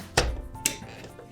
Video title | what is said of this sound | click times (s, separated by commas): Zebra ZD410 | we'll go ahead and close the lid and you'll hear when you close the lid to the printer here a little click | 0.7 s